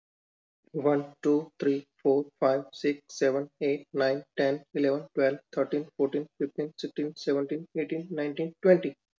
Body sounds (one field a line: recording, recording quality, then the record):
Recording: counting at a fast pace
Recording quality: excellent, no background noise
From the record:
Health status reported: healthy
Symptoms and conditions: none ticked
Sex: male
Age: 40 years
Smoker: not ticked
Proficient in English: yes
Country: India